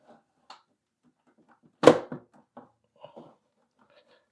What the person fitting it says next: that clicked into place.